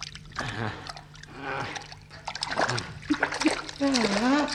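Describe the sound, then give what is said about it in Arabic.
In an Egyptian radio drama of One Thousand and One Nights, water splashes and sloshes in irregular bursts as a fishing net full of fish is hauled in by its rope from the sea, with voices talking over the churning sounds throughout. “ده الحبل بتاع الشبكة. خد هاتي. قل شد.”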